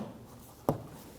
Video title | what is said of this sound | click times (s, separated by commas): How to Replace Rear Bumper Reflector 2011-2017 Honda Odyssey | flat and give it a push till here click | 0.7 s